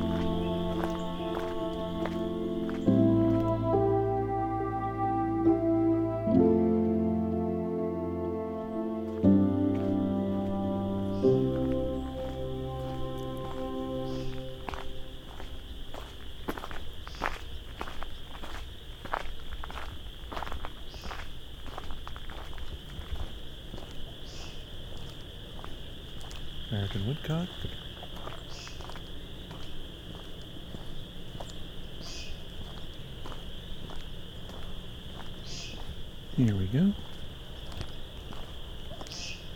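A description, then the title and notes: A dusk walk through the Vinemount Swamp opens with loud, deep chord-like tones that shift in steps for about fourteen seconds. After that, a steady high trilling chorus carries on beneath regular footsteps, with rising-and-falling calls near 27 and 36 seconds. Dusk spring walk through the Vinemount Swamp. Thousands, maybe tens of thousands, of chorus frogs.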